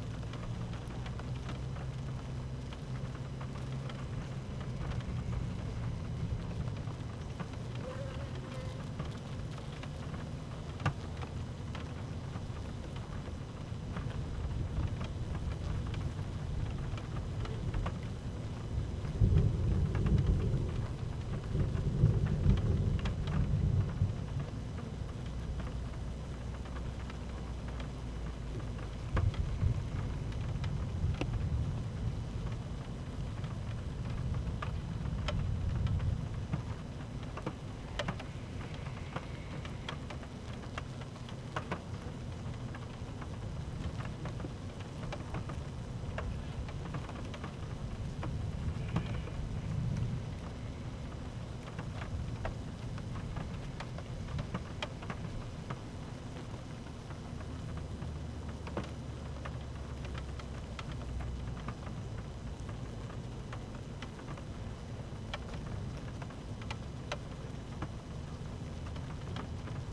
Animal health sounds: honeybee colony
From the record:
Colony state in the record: active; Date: 12 June 2018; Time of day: 13:05

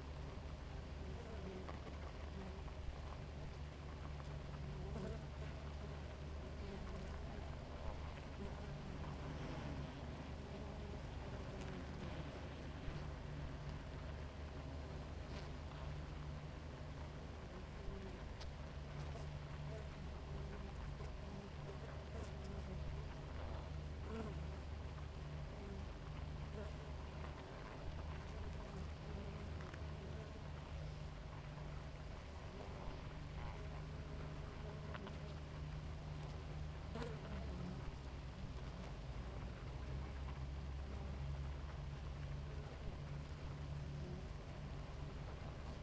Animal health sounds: honeybee colony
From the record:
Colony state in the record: active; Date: 28 July 2017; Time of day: 4:34

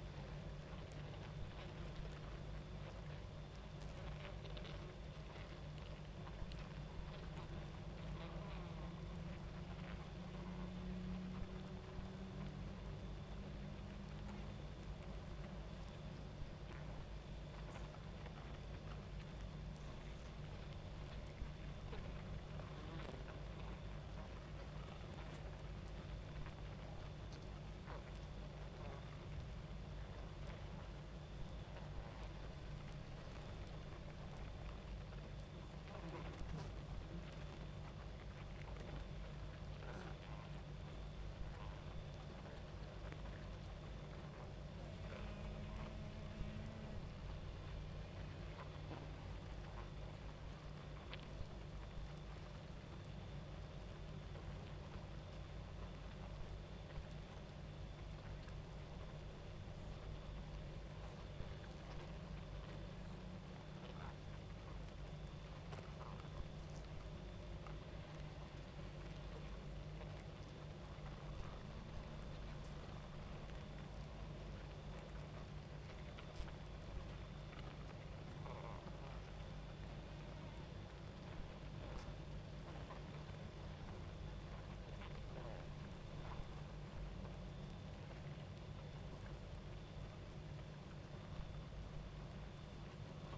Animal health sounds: honeybee colony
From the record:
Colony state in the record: active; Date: 28 July 2017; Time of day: 23:45

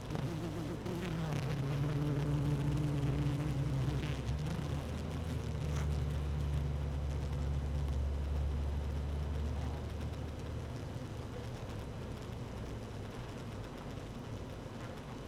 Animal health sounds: honeybee colony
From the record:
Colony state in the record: active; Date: 12 June 2018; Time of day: 15:34

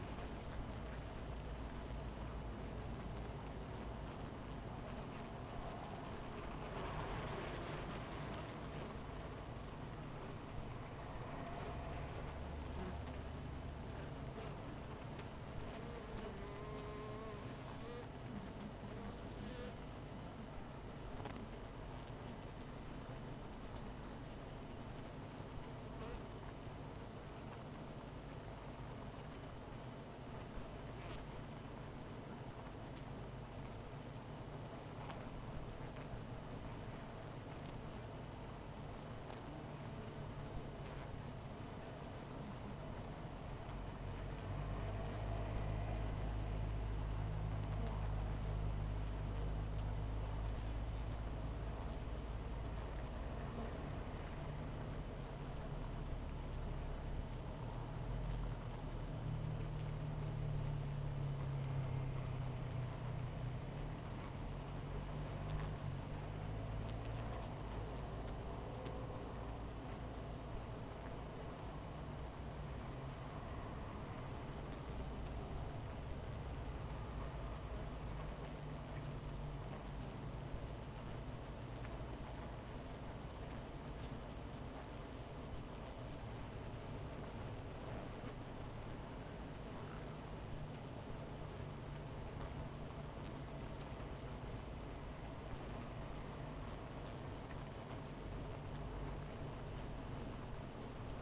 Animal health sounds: honeybee colony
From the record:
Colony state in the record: missing queen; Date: 14 July 2017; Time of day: 17:31

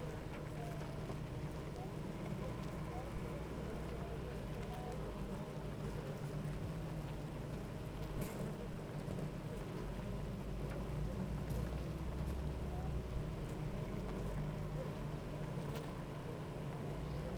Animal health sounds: honeybee colony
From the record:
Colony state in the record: active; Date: 28 July 2017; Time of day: 8:55

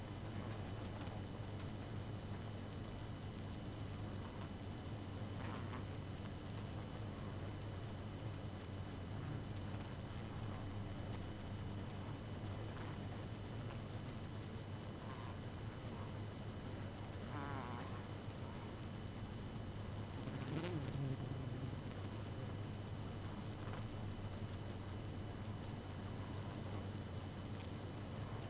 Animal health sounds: honeybee colony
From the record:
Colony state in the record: active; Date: 12 June 2018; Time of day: 2:00

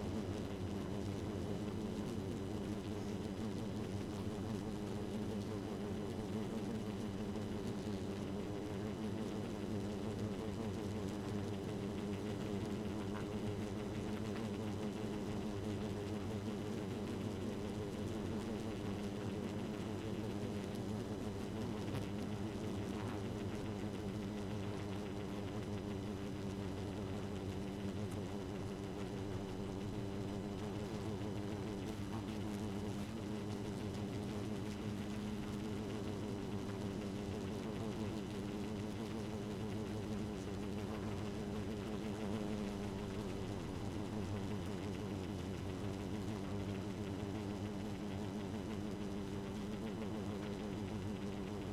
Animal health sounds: honeybee colony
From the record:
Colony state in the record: active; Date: 12 June 2018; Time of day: 1:36

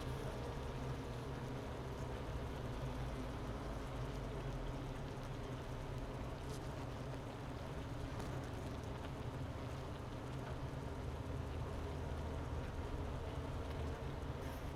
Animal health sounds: honeybee colony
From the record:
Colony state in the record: missing queen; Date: 31 May 2018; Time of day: 10:54

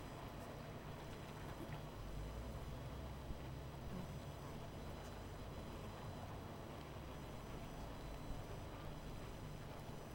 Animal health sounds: honeybee colony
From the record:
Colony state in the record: missing queen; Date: 14 July 2017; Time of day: 20:33

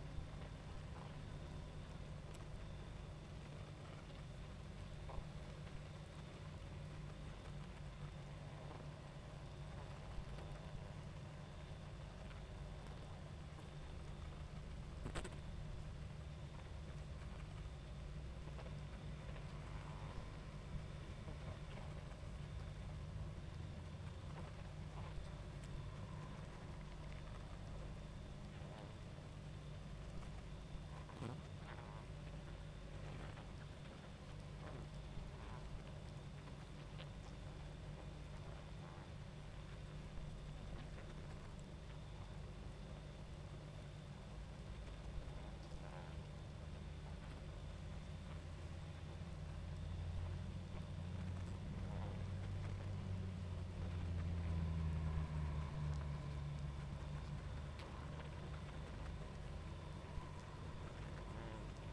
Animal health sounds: honeybee colony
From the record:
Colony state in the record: active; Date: 28 July 2017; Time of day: 22:04

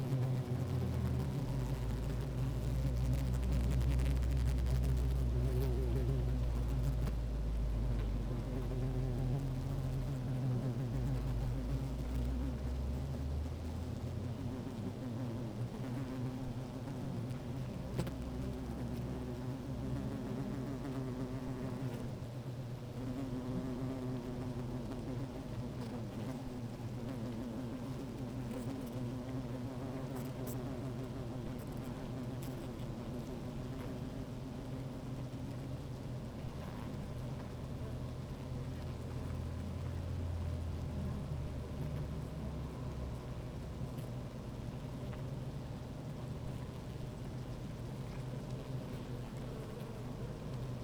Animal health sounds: honeybee colony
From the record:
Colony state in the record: active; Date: 28 July 2017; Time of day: 16:08

